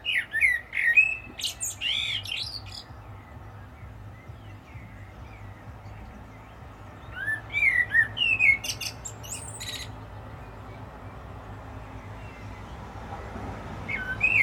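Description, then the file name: Common blackbird song: warbled whistled phrases ending in high twittering, in two bursts at the start and middle, with a steady low background hum between them. "Turdus merula"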